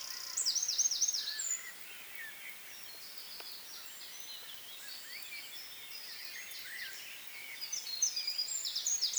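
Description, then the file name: Eurasian wren trilling briefly at the start and again at the end, with a quieter stretch in between. "Troglodytes troglodytes"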